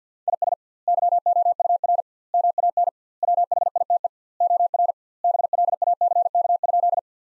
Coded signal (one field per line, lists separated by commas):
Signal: Morse code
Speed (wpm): 50 wpm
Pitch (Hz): 700 Hz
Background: none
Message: IS YOUR MAN WHITE OR BLACK?